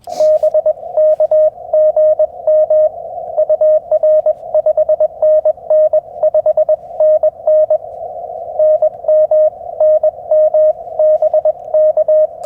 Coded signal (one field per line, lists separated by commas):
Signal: Morse code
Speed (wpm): 22 wpm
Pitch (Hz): 600 Hz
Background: none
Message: BK GM UR 5NN 5NN NM NM BK